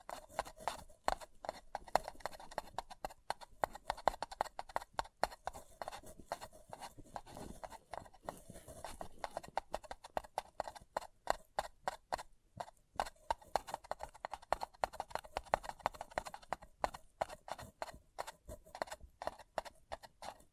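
Fingers tap and scratch on a paper cup in quick, uneven bursts that run for the whole twenty seconds, with a hollow mid-pitched ring under the sharp clicks. The tapping thins out briefly around the twelve-second mark, then picks back up.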